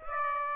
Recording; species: mosquito wingbeat signal from an infrared sensor; Aedes aegypti